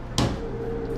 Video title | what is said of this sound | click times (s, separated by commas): Aula 05 - Montagem e Manutenção - Montando um computador | barulho de travamento identifica que está travado direitinho aí | 0.2 s